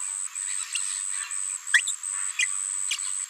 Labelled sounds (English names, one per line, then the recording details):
Green-rumped Parrotlet babbling
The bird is a female
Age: 29 days
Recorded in a nest box in Venezuela
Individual 17B73B2